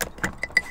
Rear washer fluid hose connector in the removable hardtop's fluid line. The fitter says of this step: one click and that comes over here